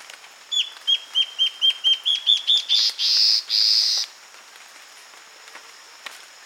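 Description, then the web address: Guianan warbling antbird song, a rapid series of clear slurred whistles rising gradually, finished by two drawn-out grating buzzes; quiet steady high-pitched background hum. Recorded 22 June 2008. "chants 20080622 hypcancht"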